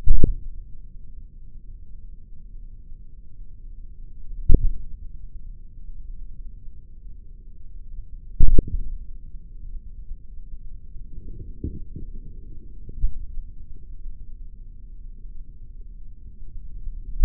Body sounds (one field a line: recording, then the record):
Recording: forearm muscle sounds (acoustic myography)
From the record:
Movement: tripod grip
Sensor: system 3, bracelet of six PUI Audio POM-2738L microphones around the upper forearm, with dedicated amplification and filtering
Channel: 6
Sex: male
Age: 56 years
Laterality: right